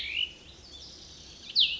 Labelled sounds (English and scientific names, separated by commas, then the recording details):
Cassin's Vireo (Vireo cassinii)
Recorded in Sonoma County, California